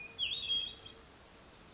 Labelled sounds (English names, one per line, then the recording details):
Hermit Thrush
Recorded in Sonoma County, California